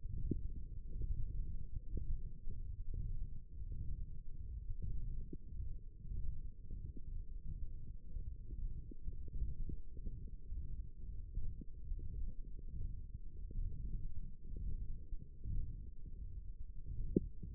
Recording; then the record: forearm muscle sounds (acoustic myography)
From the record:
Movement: hook grip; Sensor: system 1, eight BSWA MPA416 microphones around the upper forearm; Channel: 1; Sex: male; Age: 23 years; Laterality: right